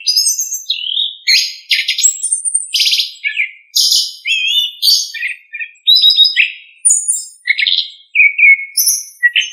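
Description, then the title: Thrush song: a continuous run of varied, high, ringing phrases, some whistled slurs and others rapid buzzy notes, delivered with short pauses between them. "Familia Turdidae - Sabia"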